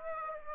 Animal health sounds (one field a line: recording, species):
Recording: mosquito wingbeat signal from an infrared sensor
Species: Aedes aegypti